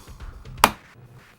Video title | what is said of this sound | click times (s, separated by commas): DeWalt TSTAK Storage System - Tool Skool - Tool Review | but they have a nice clicking sound when you close them | 0.6 s